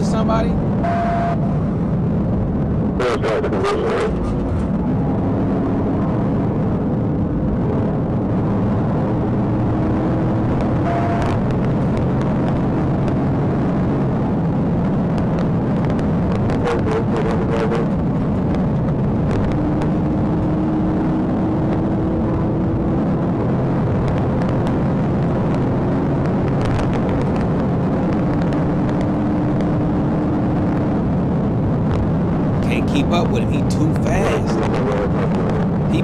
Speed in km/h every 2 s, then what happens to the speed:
151, 138, 142, 148, 153, 164, 172, 177, 177, 163, 159, 161, 169, 172, 174, 174, 174, 177.
0-3 brakes to 138. 3-14 speeds up to 177. 14-21 slows to 159. 21-36 speeds up to 177.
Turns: none.